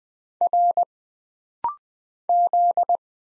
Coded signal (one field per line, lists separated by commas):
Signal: Morse code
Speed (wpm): 20 wpm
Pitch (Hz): 700 Hz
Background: none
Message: R Z